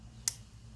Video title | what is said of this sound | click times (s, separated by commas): Honda CR85R top end rebuild. | you can hear it there | 0.3 s